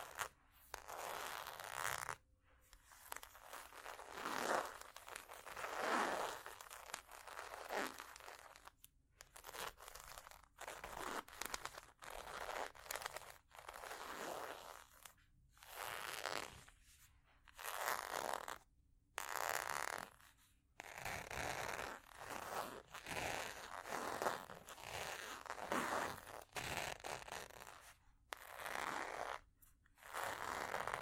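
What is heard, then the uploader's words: Scratching across ridges, a dense, gritty rasp that runs in bursts of a second or two, broken by short silent gaps roughly every few seconds. The strokes are bright and scraping, with zipper-like ticking texture, and the rhythm stays fairly regular throughout. ASMR Scratching Ridges For Tingles （No Talking）.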